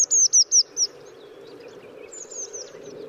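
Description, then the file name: Eurasian blue tit giving four sharp, high, falling notes in a rapid series, followed by fainter high notes, with low background rumble throughout. "Cyanistes caeruleus"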